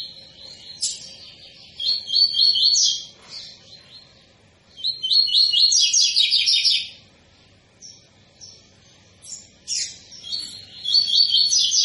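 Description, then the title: Double-collared seedeater song: bursts of fast, buzzy, trilled high phrases, separated by pauses with scattered sharp chips. Tui-tui song style, a spirited tutor song used for teaching young birds. "COLEIRO TUI TUI FIBRA"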